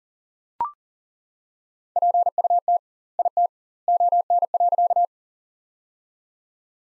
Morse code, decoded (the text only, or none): PUT IT ON.